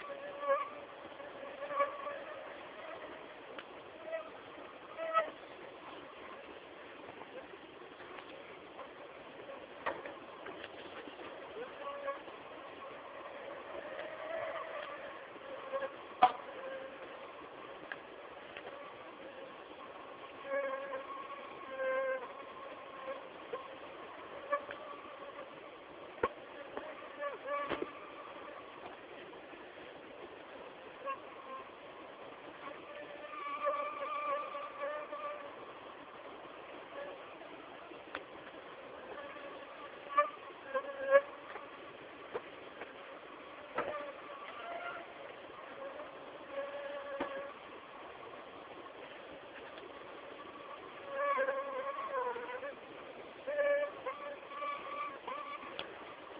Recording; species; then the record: mosquito flight sound by mobile phone; Anopheles gambiae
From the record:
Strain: Kisumu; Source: CDC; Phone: Samsung T209